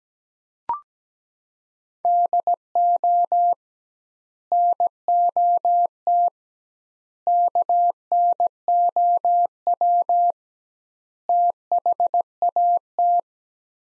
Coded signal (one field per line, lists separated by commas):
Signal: Morse code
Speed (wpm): 17 wpm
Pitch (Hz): 700 Hz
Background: none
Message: DO NOT KNOW THAT